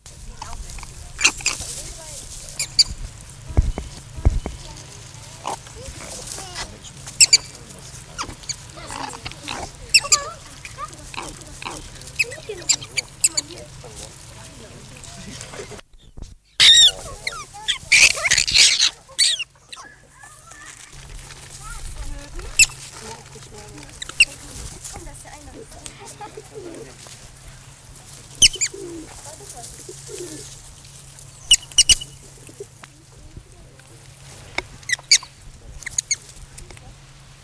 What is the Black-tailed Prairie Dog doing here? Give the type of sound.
aggressive call